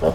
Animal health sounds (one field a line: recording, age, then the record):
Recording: pig call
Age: piglet (1 to 25 days)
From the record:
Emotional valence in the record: positive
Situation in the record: reunion after long isolation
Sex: female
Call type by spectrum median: low-frequency call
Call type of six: low-frequency tonal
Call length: 0.15 s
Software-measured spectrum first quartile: 272 Hz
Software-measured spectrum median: 480 Hz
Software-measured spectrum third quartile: 622 Hz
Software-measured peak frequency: 562 Hz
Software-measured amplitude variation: 131 dB a second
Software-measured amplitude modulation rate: 3.3 a second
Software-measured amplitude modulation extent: 40.4 dB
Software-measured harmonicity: 1.9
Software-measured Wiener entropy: -0.92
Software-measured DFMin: 861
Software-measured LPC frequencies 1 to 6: 545, 3179, 4966, 6294, 7049, 7861 Hz